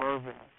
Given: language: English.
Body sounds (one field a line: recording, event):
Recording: throat vibration sensor signal played as sound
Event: speech